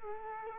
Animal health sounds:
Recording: mosquito wingbeat signal from an infrared sensor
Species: Culex quinquefasciatus

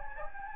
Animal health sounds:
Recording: mosquito wingbeat signal from an infrared sensor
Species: Anopheles gambiae

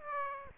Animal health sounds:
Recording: mosquito wingbeat signal from an infrared sensor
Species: Aedes aegypti

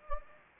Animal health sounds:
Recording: mosquito wingbeat signal from an infrared sensor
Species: Anopheles gambiae

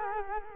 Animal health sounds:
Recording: mosquito wingbeat signal from an infrared sensor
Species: Culex quinquefasciatus

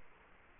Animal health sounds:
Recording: mosquito wingbeat signal from an infrared sensor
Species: Culex quinquefasciatus

